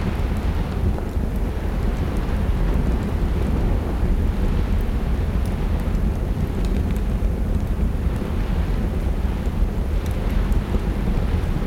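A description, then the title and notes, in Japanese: A storm heard from an attic: a steady, dense roar of wind, heavy in the low end, holds at an even level for the whole stretch. Faint, scattered ticks and taps surface now and then, mostly in the middle and near the end. 嵐の中の居心地の良い屋根裏部屋。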